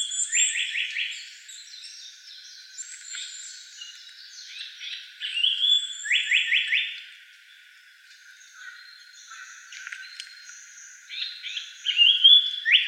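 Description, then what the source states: Japanese paradise flycatcher song: quick bursts of three or four bright, rapidly repeated notes, with other high whistled and chirping bird notes between bursts. Recorded 19 May 2017.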